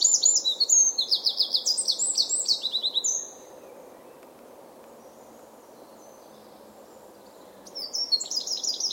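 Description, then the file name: Eurasian wren song, a rapid run of high, sharp trills and buzzy notes for three seconds, then a quiet gap before another burst begins; faint low background hiss. "Troglodytes troglodytes"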